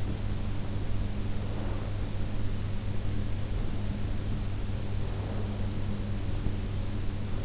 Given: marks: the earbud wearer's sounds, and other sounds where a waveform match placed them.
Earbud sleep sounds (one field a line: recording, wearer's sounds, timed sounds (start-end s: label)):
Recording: sounds in sleep by an in-ear microphone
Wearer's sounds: breath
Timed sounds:
1.35-2.25 s: breath
5.00-5.81 s: breath